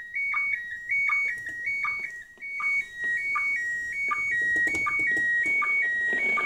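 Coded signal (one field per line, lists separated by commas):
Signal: SSTV (slow-scan television)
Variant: PD180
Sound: steady two-pitch warbling tone alternating high and low, with short low blips each beat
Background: radio static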